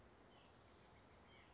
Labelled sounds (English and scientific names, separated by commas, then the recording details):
White-breasted Nuthatch (Sitta carolinensis)
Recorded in Sonoma County, California